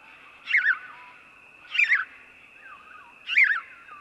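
House sparrow chirping: three loud, rough chirps roughly 1.4 seconds apart, each falling in pitch, over a steady thin whine.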